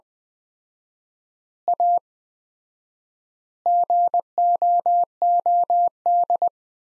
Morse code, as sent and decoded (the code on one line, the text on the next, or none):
.- / --. --- --- -..
A GOOD